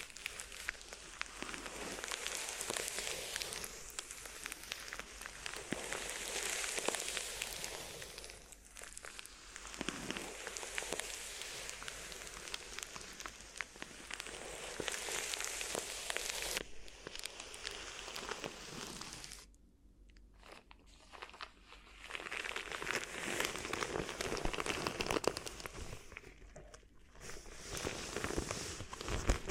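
Crinkly ear massage: dense crackling and rustling runs almost without pause, bright and busy like rain on a surface. The texture swells and eases in waves, with brief near-silent gaps around 19–21 seconds and again near 27 seconds.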